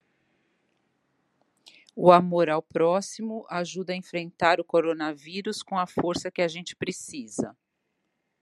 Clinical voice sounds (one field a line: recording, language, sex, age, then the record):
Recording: spoken sentence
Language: Brazilian Portuguese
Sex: female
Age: 50 to 59 years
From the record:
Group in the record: control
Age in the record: 54 years